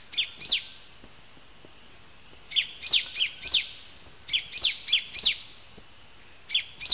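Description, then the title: Yellow-green Grosbeak giving clusters of bright, high, falling chirps separated by short pauses. Subspecies Caryothraustes canadensis canadensis. "LuckyPassaro Completos2Sama. Yellow-green Grosbeak (Caryothraustes canadensis canadensis)"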